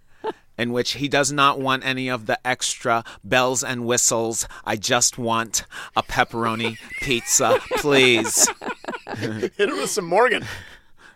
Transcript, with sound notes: in which he does not want any of the extra bells and whistles. I just want a pepperoni pizza, please.
(LAUGHTER)
Hit her with some Morgan.